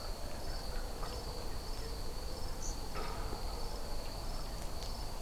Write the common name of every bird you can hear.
European Pied Flycatcher